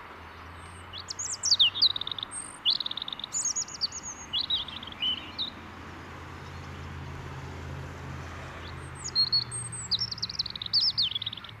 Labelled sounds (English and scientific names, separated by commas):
European Robin (Erithacus rubecula) song